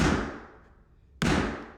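A tapping block knocks a vinyl click-lock floor plank against the adjoining plank, working up the plank so the joint self-snaps. A booming thud at the start fades out, then a single strong, sharp knock at 1.2 s snaps the click-lock joint together and it rings down. The plank is seated, all in place.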